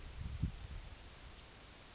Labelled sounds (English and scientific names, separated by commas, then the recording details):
Yellowhammer (Emberiza citrinella) song
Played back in grassland
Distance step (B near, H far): F
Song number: 111